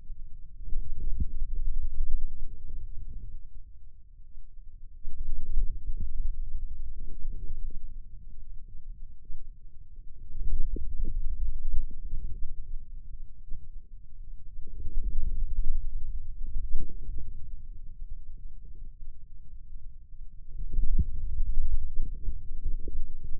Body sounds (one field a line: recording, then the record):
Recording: forearm muscle sounds (acoustic myography)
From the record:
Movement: hand closing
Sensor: system 2, bracelet of six BSWA MPA416 microphones around the upper forearm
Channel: 2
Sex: male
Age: 22 years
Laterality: right